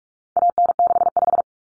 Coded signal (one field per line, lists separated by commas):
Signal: Morse code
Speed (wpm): 44 wpm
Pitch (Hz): 700 Hz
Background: none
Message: AN65